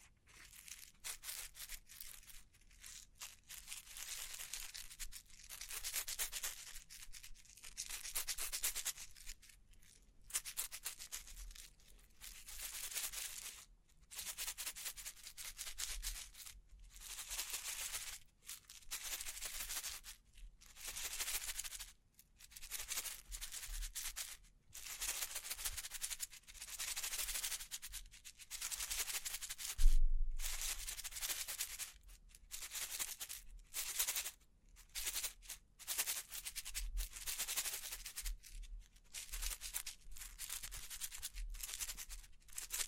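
Bling bling triggers: bright, scratchy rubbing and rustling bursts repeat in a steady rhythm, roughly one every second or so, with short quiet gaps between. The sounds are hissy and high with little low end, and a single louder thump lands around the thirty-second mark.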